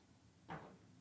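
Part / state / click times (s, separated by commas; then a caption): micro SD card into camera card slot / not seated / none. An Insta360 512GB V30 micro SD card is pushed into the card slot of an Insta360 X4 Air camera, with the battery removed by pinching its clips. Over a quiet low hum, a soft, brief handling scrape rises at about 0.5 s and fades by about 0.7 s. The card has not clicked into place yet.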